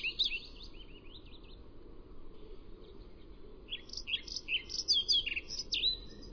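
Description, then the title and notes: European pied flycatcher: a faint fragment opens, then a full phrase of rapid, clear high chips and slurs, with a continuous low background drone. Recorded at Røysjø on 30 April 2011. "Svarthvitfluesnapper. Røysjø 300411 by forskningno"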